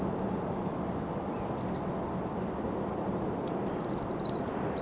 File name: Cyanistes caeruleus